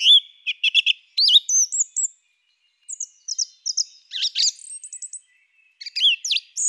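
Song thrush song of quick, clear whistled phrases and sharp chirps, several notes repeated in short bursts, separated by brief gaps.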